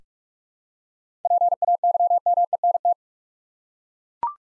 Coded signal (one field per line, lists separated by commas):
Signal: Morse code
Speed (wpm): 41 wpm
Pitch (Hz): 700 Hz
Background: none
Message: PAYMENT